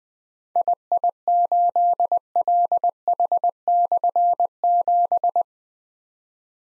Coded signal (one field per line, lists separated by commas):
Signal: Morse code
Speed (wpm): 20 wpm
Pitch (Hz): 700 Hz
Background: none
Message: II8LH/7